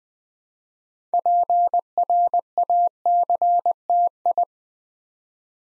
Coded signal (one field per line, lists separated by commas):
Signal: Morse code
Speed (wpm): 20 wpm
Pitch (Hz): 700 Hz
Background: none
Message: PRACTI